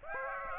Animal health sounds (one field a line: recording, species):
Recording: mosquito wingbeat signal from an infrared sensor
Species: Aedes aegypti